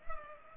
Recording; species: mosquito wingbeat signal from an infrared sensor; Culex pipiens